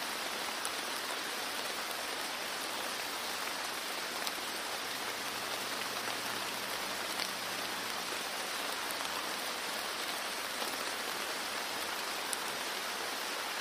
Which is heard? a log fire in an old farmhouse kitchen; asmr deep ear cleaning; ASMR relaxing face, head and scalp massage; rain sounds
rain sounds